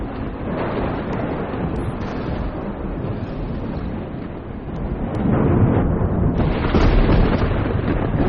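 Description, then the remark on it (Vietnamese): A deep, continuous rumble of thunder at midnight, following a flash of lightning, rolls through a rainstorm, swelling louder midway and holding steady to the end, with a broad wash of rain-like noise underneath and no voices. “Đúng lúc ấy thì một tia chớp lóe lên, kèm theo một âm thanh vang rền rung động khắp cả không gian.”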